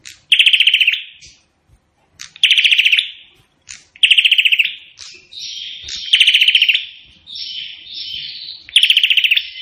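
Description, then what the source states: Prinia singing fast machine-gun rattles of clicking notes, five loud bursts with quieter buzzy trills filling the gaps. Bird singing energetically (gacor); song style called suara tembakan AK-47, the AK-47 gunfire sound.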